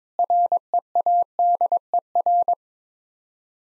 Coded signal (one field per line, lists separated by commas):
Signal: Morse code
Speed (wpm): 21 wpm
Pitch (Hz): 700 Hz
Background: none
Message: READER